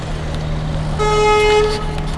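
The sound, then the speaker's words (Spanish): A truck arriving to unload blares its horn in one steady, harmonic-rich honk lasting under a second, over a constant low rumble of idling engines and road noise, with trucks arriving continually through the night. “Y esto pues todo el rato camiones viniendo, el que llega y descarga viene otra vez, y esto toda la noche va a ser así.”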